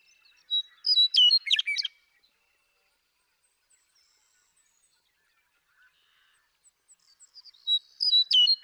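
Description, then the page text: Western meadowlark delivering two songs about six seconds apart, each a quick jumble of clear whistles and gurgling notes, with near silence between them; the second runs to the end. Male western meadowlark in Sierra Valley, eastern California, 2018. "Birdsong for the Curious Naturalist. The joy of western meadowlark songs. Want to explore these western meadowlarks some more? Come along with me to Sierra Valley in eastern California where, during 2018, I just couldn't get enough of them"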